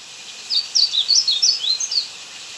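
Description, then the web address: Blue seedeater song: quick high chirps, some up-slurred and some down-slurred, strung together for about one and a half seconds against a constant hiss. Recorded in Ecuador. "Birds of Ecuador. Blue Seedeater"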